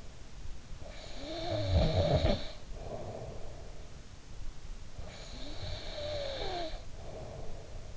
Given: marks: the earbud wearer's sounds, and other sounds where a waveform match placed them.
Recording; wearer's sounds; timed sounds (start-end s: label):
sounds in sleep by an in-ear microphone; snoring breath
0.73-3.92 s: snoring breath
4.92-7.97 s: snoring breath